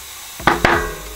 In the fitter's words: ihr habt ihr dieses knacken das ist dass der reifen ordentlichen das felgenbett prüft